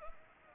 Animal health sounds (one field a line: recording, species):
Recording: mosquito wingbeat signal from an infrared sensor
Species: Anopheles arabiensis